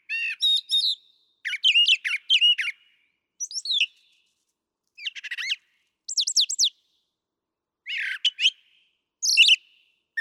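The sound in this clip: Brown thrasher song: a long sequence of varied chirps, slurred whistles and scratchy notes grouped into short phrases with short pauses between them.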